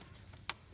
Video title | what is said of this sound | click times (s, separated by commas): 2006 Jeep Grand Cherokee (WK) 3.7/4.7 Radiator Fan Replacement | sure you hear the click click right | 0.5 s